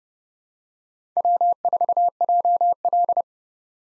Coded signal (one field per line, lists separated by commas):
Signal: Morse code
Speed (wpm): 31 wpm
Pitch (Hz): 700 Hz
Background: none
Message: W4JL